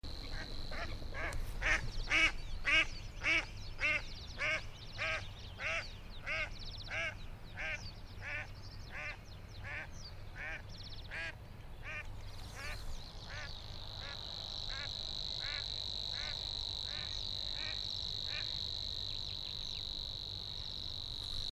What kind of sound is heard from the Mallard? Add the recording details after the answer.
flight call. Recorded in the wild. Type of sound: flight call. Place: Hobrechtsfelder Rieselfelder, Naturpark Barnim, Berlin, DE. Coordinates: 52.6678, 13.4708. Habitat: pond. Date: 2008-04-27. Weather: clear, ca. 10°C, no wind. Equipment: Sound Devices 702, Sennheiser MKH 70, Windkorb. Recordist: Frommolt, Karl-Heinz. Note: Großer Reinigungsteich, mit Schilf bewachsenes Becken: Rufe einer Stockente im Flug